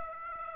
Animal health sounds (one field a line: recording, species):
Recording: mosquito wingbeat signal from an infrared sensor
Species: Aedes aegypti